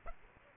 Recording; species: mosquito wingbeat signal from an infrared sensor; Aedes aegypti